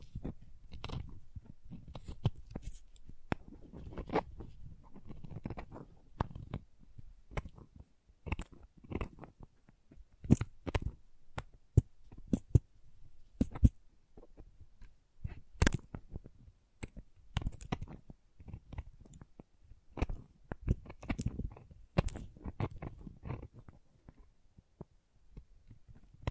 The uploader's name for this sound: Crayons Tapping, Carving, Cutting, Drawing Sounds